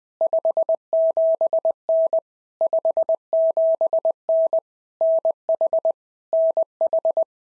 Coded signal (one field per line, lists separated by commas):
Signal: Morse code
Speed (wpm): 20 wpm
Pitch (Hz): 650 Hz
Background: none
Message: 57N 57N NH NH